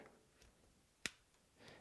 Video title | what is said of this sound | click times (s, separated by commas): Apple MacBook Pro 1-1/2 Years Later - 3 Issues! - Not Fixed in 2018? | as the tension there's a definite good snap sound here and also | 1.1 s